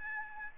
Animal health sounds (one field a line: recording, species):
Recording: mosquito wingbeat signal from an infrared sensor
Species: Aedes albopictus